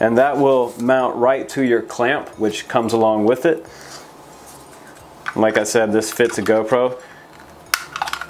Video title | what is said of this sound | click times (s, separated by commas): Cheapest drone for a GoPro? - HuanQi H899 | and it'll go in here and it'll snap in place so it's very very secure in here when you do that | 7.7 s